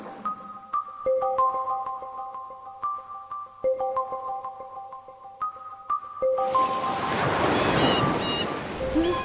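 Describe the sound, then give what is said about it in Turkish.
A sudden sea wave, on a sea that was flat moments before, rushes in and keeps roaring loudly for the last few seconds, after a stretch of plinking, steady electronic-sounding notes with soft clicks. “Dalga da nereden çıkıyor böyle? Az önce deniz çarşaf gibiydi.”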